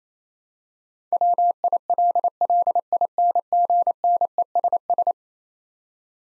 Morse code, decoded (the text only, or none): WILLINGNESS